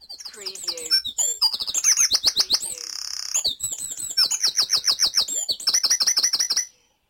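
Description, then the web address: Dawn chorus of several birds, dense overlapping chirps, trills and whistled phrases in quick succession, stopping abruptly near the end. Dawn chorus recorded at dawn in Mold, North Wales. "beanstalk-audio Dawn Chorus in Mold North Wales"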